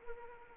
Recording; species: mosquito wingbeat signal from an infrared sensor; Anopheles arabiensis